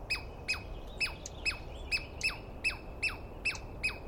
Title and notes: Interview With The Chipmunk. On the morning of 21 April, 2017, I set up my microphones and recorder for a nice dawn recording in the East Cascades. I was started awake by a screaming Douglas Pine Squirrel